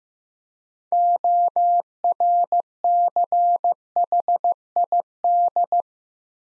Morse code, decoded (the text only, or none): ORCHID